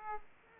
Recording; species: mosquito wingbeat signal from an infrared sensor; Aedes aegypti